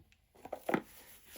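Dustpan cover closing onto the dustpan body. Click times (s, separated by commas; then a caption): 0.7 s. A plastic lid on a small dustpan and brush set is closed onto the dustpan body, with a few light plastic taps and knocks before it clicks into place at 0.7 seconds. The lid is seated, holding it shut to keep the dirt inside until the pan is emptied.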